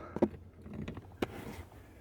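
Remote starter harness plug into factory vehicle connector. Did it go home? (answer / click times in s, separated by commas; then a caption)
no / none. The Port E plug of a remote starter wiring harness is handled and slid toward the original factory connector on a 2015-2020 Ford F-150, with its tab on the bottom. Light plastic handling noises and brief ticks are heard around 0.2, 0.9 and 1.2 seconds. The plug has not seated or clicked in yet.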